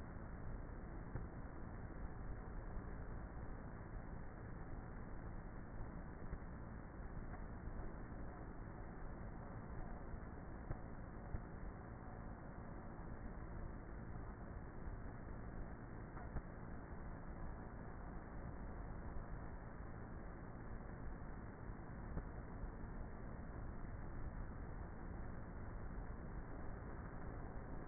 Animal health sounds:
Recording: honeybee colony, microphone inside the hive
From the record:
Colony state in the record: queenless with a low population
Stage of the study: before two queens were removed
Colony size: about 30,000 bees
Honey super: no

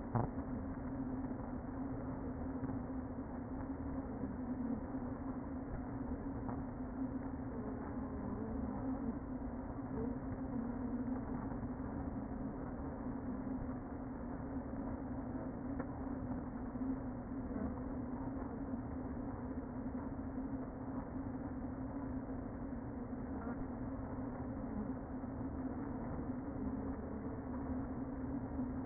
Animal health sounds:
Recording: honeybee colony, microphone inside the hive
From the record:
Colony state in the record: queen present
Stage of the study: before two queens were removed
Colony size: about 60,000 bees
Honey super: yes

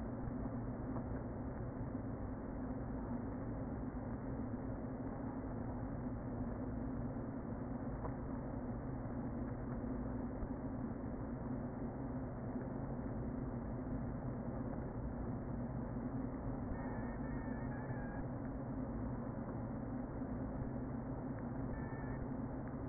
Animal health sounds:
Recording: honeybee colony, microphone inside the hive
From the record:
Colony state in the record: queen present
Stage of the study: before two queens were removed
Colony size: about 60,000 bees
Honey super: yes

